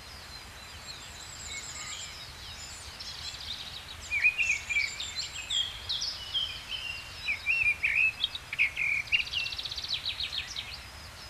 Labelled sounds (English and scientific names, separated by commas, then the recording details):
Mistle Thrush (Turdus viscivorus) song
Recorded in the wild
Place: Montreux, Kanton Waadt, CH
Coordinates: 46.4586, 6.49
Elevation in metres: 1154
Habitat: mountains
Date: 1986-05-22
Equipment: Uher 4000 Report, Sennheiser MKH 815 T
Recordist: Tretzel, Erwin